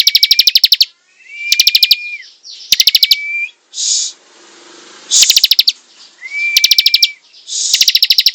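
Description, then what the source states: Prinia song with stuttering trains of high, buzzy notes, short flat whistles slipping between bursts, and a few quieter breaks. Singing vigorously, described by the local term gacor.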